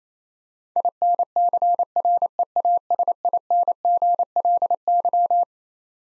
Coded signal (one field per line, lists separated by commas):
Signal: Morse code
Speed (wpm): 28 wpm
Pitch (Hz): 700 Hz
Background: none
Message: INCREASINGLY